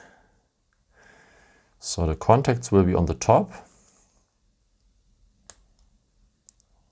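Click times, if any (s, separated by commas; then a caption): 5.5 s, 6.5 s. A nano SIM card tray, holding the card with its contacts facing up, is pushed into the frame of a Google Pixel 6 (Pro) smartphone while someone talks. Two sharp clicks are heard at 5.5 s and 6.5 s as the tray clicks into place, and the SIM tray is seated.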